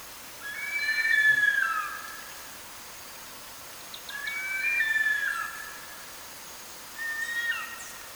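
Bird song: sliding whistled phrases given in three bursts roughly three seconds apart, against a steady faint hiss.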